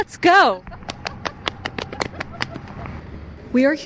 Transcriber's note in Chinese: Enter sound of running